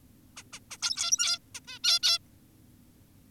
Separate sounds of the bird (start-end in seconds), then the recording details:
0.37-0.43, 0.53-0.60, 0.71-0.77, 0.82-1.39, 1.55-1.60, 1.68-1.79, 1.84-2.00, 2.03-2.18. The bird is an adult. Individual g17y2U